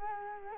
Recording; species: mosquito wingbeat signal from an infrared sensor; Culex quinquefasciatus